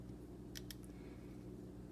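During reassembly after a rust restoration, a threaded screw, likely a knife screw, is turned counterclockwise in its threaded hole. Two short, bright clicks at 0.6 s and 0.7 s stand out over a steady low hum. The thread start drops in and the screw is seated.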